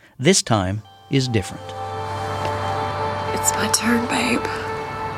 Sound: Soundbite of television program, Friday Night Lights

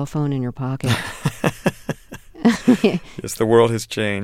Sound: soundbite of laughter

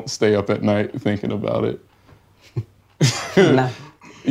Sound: laughter

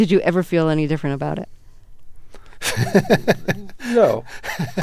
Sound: soundbite of laughter

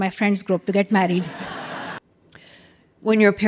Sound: laughter

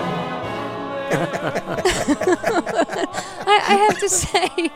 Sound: laughter

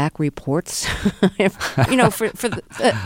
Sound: laughter

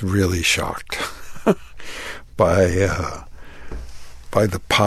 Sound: laughter

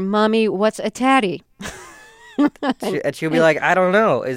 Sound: soundbite of laughter

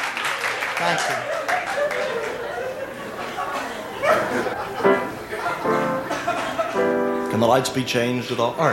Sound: laughter

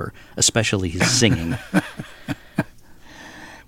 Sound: laughter

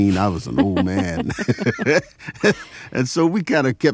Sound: laughter

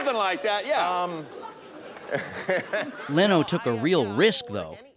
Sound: soundbite of laughter

